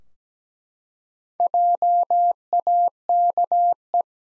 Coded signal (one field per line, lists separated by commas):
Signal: Morse code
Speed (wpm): 17 wpm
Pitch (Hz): 700 Hz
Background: none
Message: JAKE